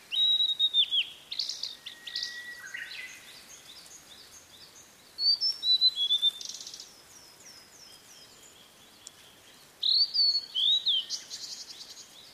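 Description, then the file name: Blue-and-white flycatcher song: three bursts of clear, slurred whistles about five seconds apart. "oruri"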